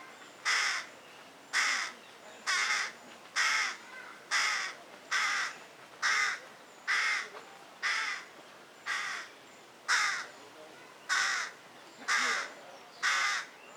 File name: Corvus corone